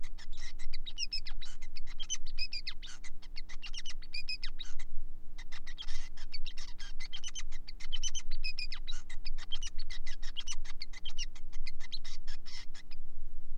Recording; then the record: song of a male Bengalese finch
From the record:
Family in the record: son of father 5